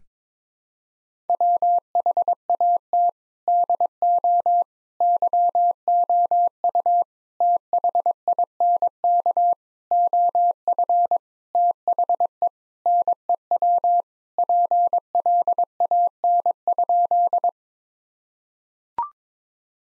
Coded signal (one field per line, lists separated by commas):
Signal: Morse code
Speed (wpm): 22 wpm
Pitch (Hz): 700 Hz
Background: none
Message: WHAT DO YOU THINK OF THE NEW PLAN?